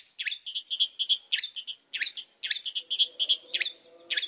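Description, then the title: Oriental magpie-robin giving rapid, repeated chirping phrases with bright whistled notes, rhythmic and lively, with a faint low humming sound partway through. Song used as a lure to make other magpie-robins answer; the bird is described as gacor, singing vigorously. "Pancingan Suara Siulan Kacer Gacor Mantap Untuk Memancing Kacer Lain Agar Mau Nyaut Bunyi"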